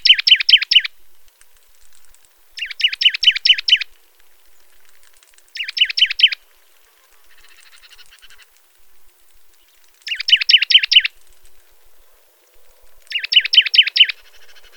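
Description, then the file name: Juniper titmouse song: a rapid, even trill of identical high chirping notes lasting about a second, repeated five times every two and a half to four and a half seconds, with faint softer calls between. "baeolophus ridgwayi"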